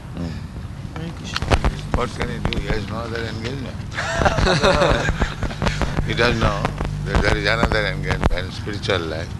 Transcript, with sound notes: Hmm. What can he do? He has no other engagement. [laughter] He doesn't know that there is another engagement, spiritual life.